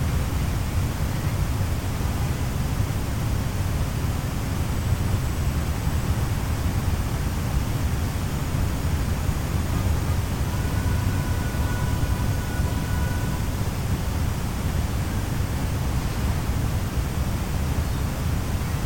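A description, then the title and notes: A steady wash of city noise and white noise, dense and unchanging, heaviest in a deep low rumble like traffic. A faint thin tone drifts through near the middle, around ten to thirteen seconds, and the level stays even throughout. City & White Noise Sounds. Gentle city sounds and calming white noise. The steady hum of white noise.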